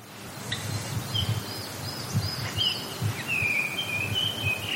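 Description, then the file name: Japanese grosbeak whistling a series of pure, evenly spaced notes that end in a longer, drawn-out whistled phrase, over low background rumble. "ikaru"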